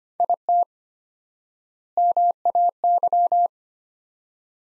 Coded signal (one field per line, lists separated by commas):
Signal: Morse code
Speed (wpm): 25 wpm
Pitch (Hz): 700 Hz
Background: none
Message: IT MAY